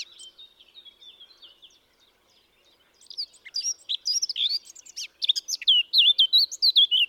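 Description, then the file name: Eurasian blackcap song: a thin, quiet twittering opening that breaks into a loud, rich, fast warble of varied whistled notes. "Sylvia atricapilla"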